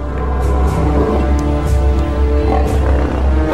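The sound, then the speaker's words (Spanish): A loud, sustained lion roar rumbles continuously for a few seconds, deep and growling, with rough harmonic tones and no pauses. “Pues ya directamente de aquí no nos queda otro remedio que irnos a Los Leones.”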